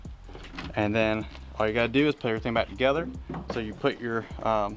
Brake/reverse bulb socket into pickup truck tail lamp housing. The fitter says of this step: and then twist to the right until it clicks just like that